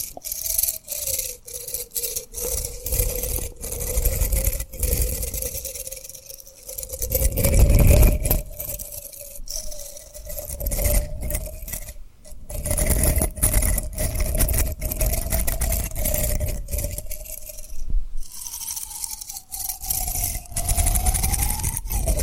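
Rhinestones are tapped and rubbed in quick, clicky bursts that come in uneven flurries throughout, with scratchy rubbing between them. A low steady tone hums underneath the whole time, rising slightly near the end, and a muffled low thump stands out around eight seconds.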